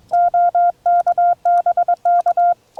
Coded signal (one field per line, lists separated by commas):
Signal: Morse code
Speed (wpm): 22 wpm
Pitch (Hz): 660 Hz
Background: none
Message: OK BK